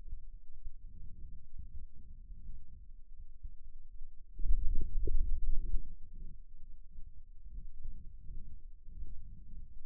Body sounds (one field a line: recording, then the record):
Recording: forearm muscle sounds (acoustic myography)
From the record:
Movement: finger pinch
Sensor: system 2, bracelet of six BSWA MPA416 microphones around the upper forearm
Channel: 2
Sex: male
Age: 22 years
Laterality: right